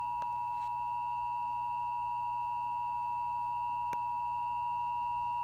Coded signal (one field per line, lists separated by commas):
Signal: Emergency Alert System (SAME) tones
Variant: 853 and 960 Hz attention tone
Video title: EAS Required Monthly Test - U-verse - May 21, 2020 - 11:02 AM PDT